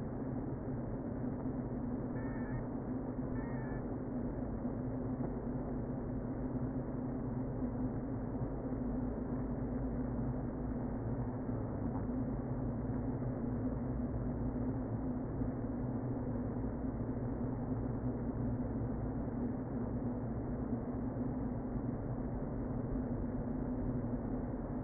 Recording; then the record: honeybee colony, microphone inside the hive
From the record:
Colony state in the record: queen present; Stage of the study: before two queens were removed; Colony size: about 60,000 bees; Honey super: yes